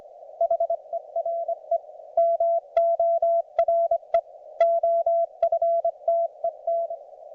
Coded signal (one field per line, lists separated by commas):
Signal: Morse code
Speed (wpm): 26 wpm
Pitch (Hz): 670 Hz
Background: none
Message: HERE MORE OFTET